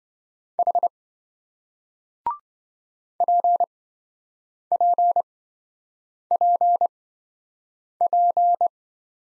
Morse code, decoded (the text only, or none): H PPPP